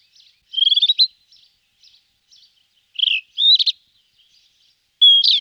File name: Fr meaux Nature - Acrobate roux Rufous Bush Robin